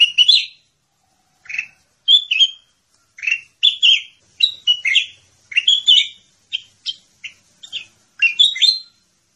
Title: Suara Burung Kutilang